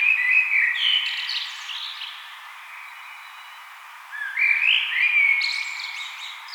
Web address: vogelstimmen amsel gesang nabu lars lachmann